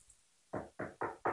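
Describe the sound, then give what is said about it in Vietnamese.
Four firm knocks on a door after a brief quiet moment, struck in an even, steady rhythm with solid, hollow thuds. “Theo tiếng gõ cửa, Thiên Thủy bưng lên một khay thức ăn thơm ngon bước vào.”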